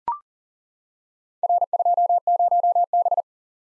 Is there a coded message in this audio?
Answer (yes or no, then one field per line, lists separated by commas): yes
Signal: Morse code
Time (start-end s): 1.4-3.2 s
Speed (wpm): 42 wpm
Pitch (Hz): 700 Hz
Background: none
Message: R20B